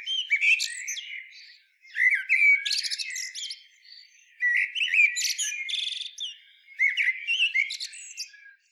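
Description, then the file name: Common blackbird delivering four energetic phrases of fluty notes ending in squeaky, buzzy high twitters, with short silences between them. "Turdus merula"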